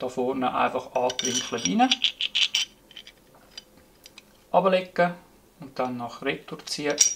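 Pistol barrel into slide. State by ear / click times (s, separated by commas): not seated / none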